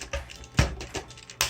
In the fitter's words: 찰칵 소리가 나고 이런 식으로